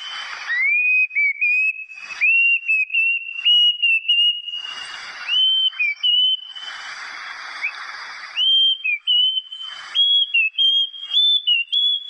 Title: 八声杜鹃叫声